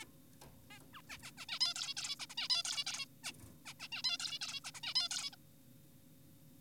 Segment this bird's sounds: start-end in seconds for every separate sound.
0.02-0.05, 0.71-0.79, 0.94-1.02, 1.10-1.18, 1.23-1.31, 1.38-1.46, 1.49-1.59, 1.61-1.74, 1.76-1.94, 1.97-2.16, 2.20-2.26, 2.30-2.34, 2.38-2.48, 2.50-2.63, 2.65-2.84, 2.87-3.06, 3.24-3.32, 3.66-3.74, 3.80-3.88, 3.92-4.02, 4.04-4.18, 4.20-4.39, 4.42-4.60, 4.64-4.71, 4.75-4.81, 4.83-4.94, 4.96-5.08, 5.11-5.30, 5.33-5.36